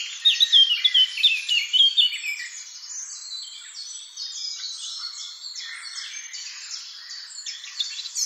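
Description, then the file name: Eurasian blackcap warble: a burst of quick, bright twittering notes in the first two seconds, followed by softer, blurred high chatter continuing to the end. "Sylvia atricapilla"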